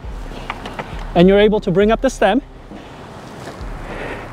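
The folded Uscooters GT Sport electric scooter's steering stem is being raised toward its folding hinge latch. A few brief handling ticks come near 0.5, 0.7 and 0.8 seconds, then someone talks over a low, steady background noise. Nothing has seated or clicked into place yet.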